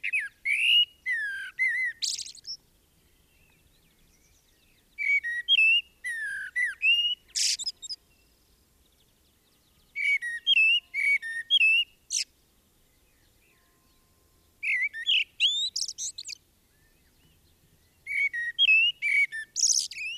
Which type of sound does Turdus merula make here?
song